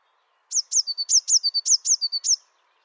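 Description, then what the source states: Eurasian blue tit phrase of several quick, high, downward-sweeping whistles, most joined to a lower tone, then silence. Recorded in the Dombes, France.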